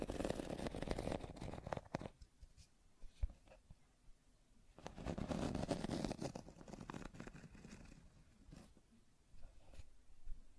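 Scratching and tracing sounds come in two dense rough bursts, near the start and around five to seven seconds, with sharp clicks between.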